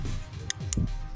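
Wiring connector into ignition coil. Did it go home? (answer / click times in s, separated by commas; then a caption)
yes / 0.5 s, 0.7 s. A plastic wiring connector is pushed onto an ignition coil of a 2011 Kia Forte during a valve cover gasket replacement, with the push repeated so the snap can be heard. Two sharp, bright clicks ring out at 0.5 and 0.7 seconds over a low, steady background rumble. The connector is confirmed seated on the coil.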